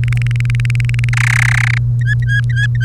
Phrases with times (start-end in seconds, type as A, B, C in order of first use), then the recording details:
0.04-1.09 A, 1.13-1.78 B, 2.01-2.84 C. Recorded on 30 April 2018 at 17:43. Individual llb3